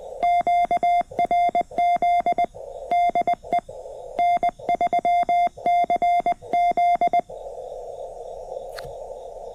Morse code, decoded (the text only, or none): QRZ DE N3CZ